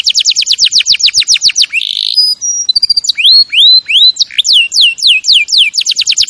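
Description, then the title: Canary song: rapid trills of descending whistled sweeps, a brief buzzy note and high steady tones, then rising and falling slurred notes and another fast trill. Champion canary song used as a master recording for training other birds. "Masteran Kenari Juara"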